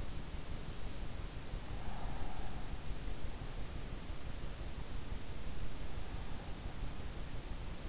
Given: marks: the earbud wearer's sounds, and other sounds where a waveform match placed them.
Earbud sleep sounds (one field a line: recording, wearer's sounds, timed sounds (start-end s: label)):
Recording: sounds in sleep by an in-ear microphone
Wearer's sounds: breath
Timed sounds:
1.62-3.45 s: breath